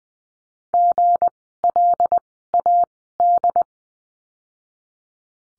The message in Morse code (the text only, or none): GLAD